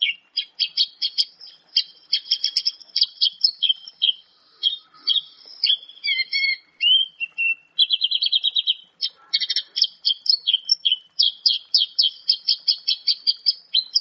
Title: Suara Branjangan Lokal Gacor DOR Full Isian Tembakan Betina Gacor memanggil Jantan